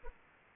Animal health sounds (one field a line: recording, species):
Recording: mosquito wingbeat signal from an infrared sensor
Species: Aedes aegypti